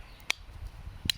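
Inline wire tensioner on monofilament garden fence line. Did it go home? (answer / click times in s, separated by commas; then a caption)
yes / 0.3 s, 1.1 s. An inline wire tensioner on a monofilament garden fence line is ratcheted to lock the line so it does not shift. Two sharp ratchet clicks are heard at 0.3 and 1.1 seconds over a quiet low background, and the tensioner is set.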